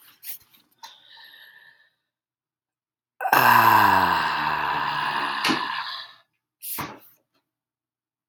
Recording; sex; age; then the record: vowel held as long as possible; male; 20 to 29 years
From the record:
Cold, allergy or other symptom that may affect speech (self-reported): no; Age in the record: 21 years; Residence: South Carolina, United States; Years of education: 12